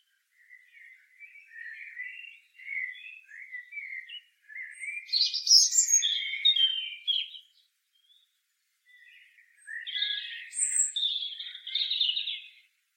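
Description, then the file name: European robin song, soft scratchy warbling building to a loud cluster of high notes, a brief pause, then another strong jangling phrase. "Erithacus rubecula"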